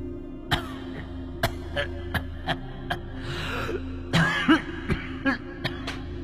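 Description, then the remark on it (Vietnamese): An old man, the father of two brothers, coughs repeatedly in short, dry, harsh bursts that echo from a distance, spaced irregularly over several seconds, with a steady low hum underneath and no talking. “Vừa chạy vừa gào thét, đằng sau là tiếng vó trâu chạy hùng hục, tiếng trâu thở phì phì, và cả tiếng bố của hai ông ấy đang ho khổ khổ vọng lại.”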